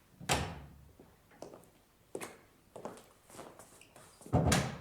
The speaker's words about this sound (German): Es klopft.